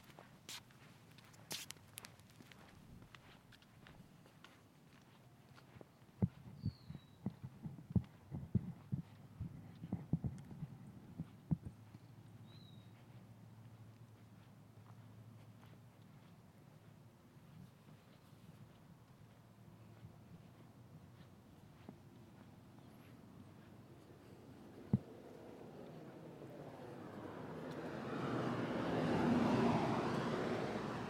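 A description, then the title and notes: A walk around the block, with scattered sharp taps and scuffs of footsteps that cluster between about six and eleven seconds. A low steady hum sits underneath, and near the end a broad rushing sound swells up, peaking around thirty seconds. So, I took a one mile walk around my block and enjoyed the sounds.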